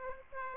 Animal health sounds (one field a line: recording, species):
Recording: mosquito wingbeat signal from an infrared sensor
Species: Aedes aegypti